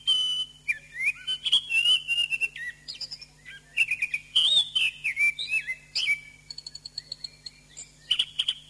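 Thrush song: a rich run of varied whistled phrases, slurred up and down and mixed with quick trills and thin, high buzzy notes.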